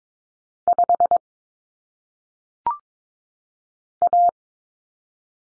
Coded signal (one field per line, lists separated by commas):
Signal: Morse code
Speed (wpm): 22 wpm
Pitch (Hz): 700 Hz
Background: none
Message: 5 A